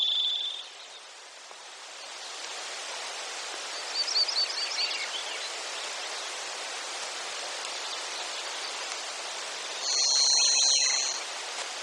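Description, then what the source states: Varied thrush song: a steady whistled tone cut off at the start, then a higher, buzzy sustained note near the end, over constant rushing background noise with faint chirps. Recorded in Denali, Alaska, on 7 June 2014.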